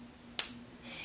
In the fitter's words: you can hear a snap and the Caps are two different sizes which I know is like for